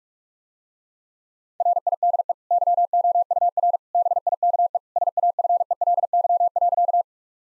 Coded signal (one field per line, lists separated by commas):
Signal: Morse code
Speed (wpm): 43 wpm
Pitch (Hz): 700 Hz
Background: none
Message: RIDE YOUR BIKE SAFELY.